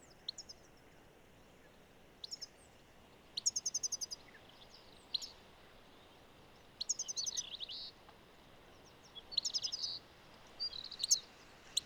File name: Carduelis carduelis